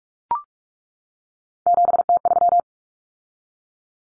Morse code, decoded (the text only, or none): 7T3